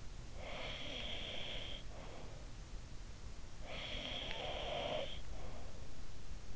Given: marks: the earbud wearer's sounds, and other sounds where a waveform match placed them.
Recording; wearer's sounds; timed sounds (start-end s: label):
sounds in sleep by an in-ear microphone; breath, snoring breath
0.01-2.87 s: breath
3.21-5.92 s: snoring breath